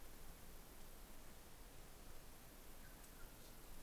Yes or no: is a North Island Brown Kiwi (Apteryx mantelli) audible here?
no